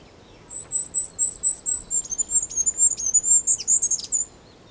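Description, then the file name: Goldcrest song opening with several evenly spaced high notes, then speeding into a shimmering, high-pitched run that ends in a short flourish. Song; Europe. "Wintergoldhaehnchen Gesang Voegel in Europa"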